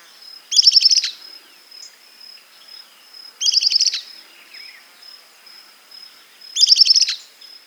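Bird repeating a brief, harsh, rapidly pulsed high-pitched burst about every three seconds, three times, with a steady thin high tone running throughout.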